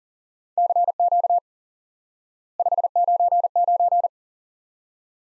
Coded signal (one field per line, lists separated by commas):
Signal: Morse code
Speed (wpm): 43 wpm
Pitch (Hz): 700 Hz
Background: none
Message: CQ 599